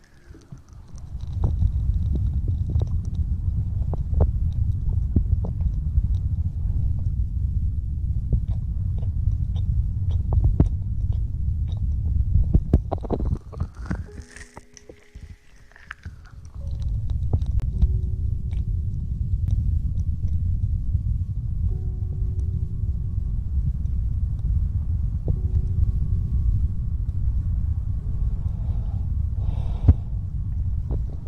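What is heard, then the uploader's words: Hand sounds and movements mixed with mouth sounds, over a dense, steady low rumble. Sharp clicks and taps come irregularly throughout. Around 13 to 17 seconds the rumble drops away, leaving a quieter stretch with a rising-and-falling whistle-like tone before the rumble returns. ASMR Hand Sounds & Movements, Mouth Sounds.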